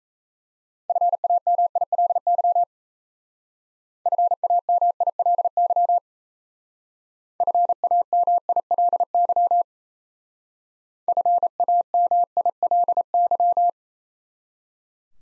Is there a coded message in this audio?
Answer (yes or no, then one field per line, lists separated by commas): yes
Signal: Morse code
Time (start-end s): 0.9-13.7 s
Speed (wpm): 33 wpm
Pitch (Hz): 700 Hz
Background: none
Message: FAMILY FAMILY FAMILY FAMILY